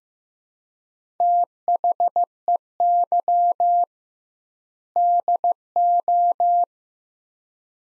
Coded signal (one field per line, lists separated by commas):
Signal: Morse code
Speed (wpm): 15 wpm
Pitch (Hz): 700 Hz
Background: none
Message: THEY DO